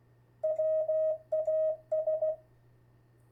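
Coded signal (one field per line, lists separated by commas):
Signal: Morse code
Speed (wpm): 16 wpm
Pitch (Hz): 630 Hz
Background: none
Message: WAS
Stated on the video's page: Morse practice with friends; rough recording with poor audio.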